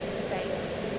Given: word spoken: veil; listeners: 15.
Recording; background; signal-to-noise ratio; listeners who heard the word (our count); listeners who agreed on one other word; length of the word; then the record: one English word in noise, from a listening test; speech-shaped noise; -6.7 dB; 0 of 15; 7 of 15; 0.59 s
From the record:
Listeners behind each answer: 7, 1, 1, 1, 1, 1, 1, 1, 1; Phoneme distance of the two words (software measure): 10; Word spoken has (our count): 1 syllable, 3 phonemes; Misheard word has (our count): 1 syllable, 3 phonemes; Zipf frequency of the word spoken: 3.50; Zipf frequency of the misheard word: 4.48